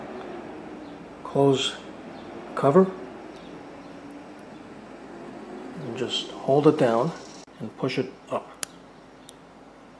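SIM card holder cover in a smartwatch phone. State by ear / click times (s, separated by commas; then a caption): seated / 8.6 s. Someone talks while closing the metal SIM card holder cover over the SIM card in a DZ09 smartwatch phone, holding it down and sliding it up. A sharp click at 8.6 seconds marks the cover latching and locking into place.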